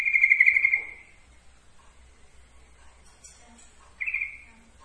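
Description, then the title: Yellow-vented bulbul song: a rapid trilled burst near one pitch for under a second, then a quiet gap and a second short trilled phrase. Trucukan song, for masteran training. "Masteran Suara Trucukan"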